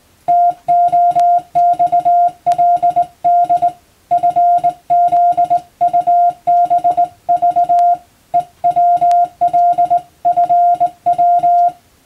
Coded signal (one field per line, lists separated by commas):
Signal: Morse code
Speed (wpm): 20 wpm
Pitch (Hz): 700 Hz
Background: music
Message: TOXLD FZUBV EWLFW